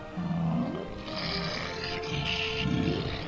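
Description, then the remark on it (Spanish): A deep, growling dinosaur roar sound effect, played from a noise-making device, rumbles for about three seconds, layered with a raspy hiss on top and swelling in two surges, with no talking. “Sí, con mi meterruidos conectado, así que hoy hasta voy a poder rugir como un dinosaurio, más o menos, tal que así.”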